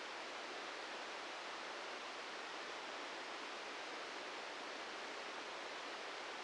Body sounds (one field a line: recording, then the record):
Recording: brain microelectrode recording played as sound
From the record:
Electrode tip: inside the subthalamic nucleus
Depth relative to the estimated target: -1 mm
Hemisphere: right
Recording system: NeuroSet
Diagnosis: Parkinson's disease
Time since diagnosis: 13 years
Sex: male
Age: 65 years